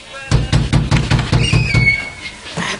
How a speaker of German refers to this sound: Das Klopfen an der Tür hörten sie nicht. Erst als mit aller Kraft dagegen gedonnert wurde, reagierten sie.